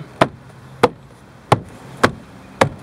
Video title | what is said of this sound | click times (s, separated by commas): How to Remove a Door Panel in a Toyota RAV4 (2001 to 2005) | And then just pop it in. You'll hear them snap. | 0.2 s, 0.8 s, 1.5 s, 2.0 s, 2.6 s